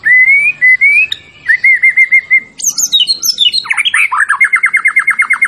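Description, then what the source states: White-rumped shama song: rising whistles and a run of steady notes, then a burst of high varied notes, ending in a rapid repeated series. Champion bird; masteran song used to train other birds.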